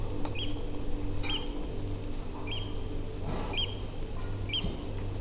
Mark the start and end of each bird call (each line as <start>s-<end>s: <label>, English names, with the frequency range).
0.35s-0.46s: Eurasian Oystercatcher (1.9-6.8 kHz)
1.25s-1.38s: Eurasian Oystercatcher (1.9-7.7 kHz)
2.47s-2.60s: Eurasian Oystercatcher (2.0-7.4 kHz)
3.53s-3.66s: Eurasian Oystercatcher (2.0-6.6 kHz)
4.50s-4.61s: Eurasian Oystercatcher (2.1-9.9 kHz)